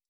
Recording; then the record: hydrophone in a shrimp aquaculture tank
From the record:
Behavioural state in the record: stressed